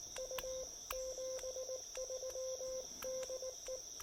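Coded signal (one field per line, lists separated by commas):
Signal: Morse code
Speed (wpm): 19 wpm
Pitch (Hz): 530 Hz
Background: radio noise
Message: U 73 DE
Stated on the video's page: Park activation.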